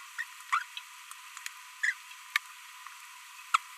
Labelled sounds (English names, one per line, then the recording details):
Green-rumped Parrotlet babbling
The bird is a female
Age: 22 days
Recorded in a nest box in Venezuela
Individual 17B42B1